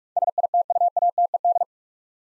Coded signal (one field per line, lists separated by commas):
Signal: Morse code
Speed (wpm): 44 wpm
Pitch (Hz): 700 Hz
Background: none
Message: SITUATED